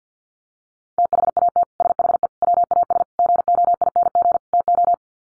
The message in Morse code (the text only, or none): THAT SHE WAS GOING TO